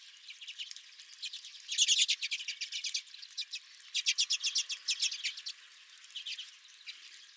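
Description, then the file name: Redpolls giving rapid dry chattering calls, bursts of quick buzzy notes in runs of one to two seconds, several birds overlapping, with short pauses between bursts. Several redpolls at the recordist's feeder. "Redpolls at My Feeder"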